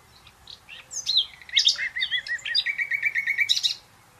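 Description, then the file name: Common nightingale song: scattered high chirps build into a rich, varied phrase, then a steady run of rapid, evenly repeated mid-pitched notes. "Luscinia megarhynchos"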